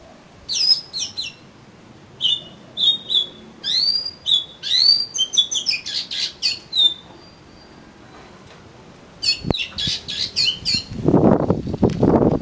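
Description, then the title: Oriental magpie-robin song: varied whistles and scratchy notes in a lively run, a pause, then more notes, ending with a burst of low rustling noise. "Kacer Kacer"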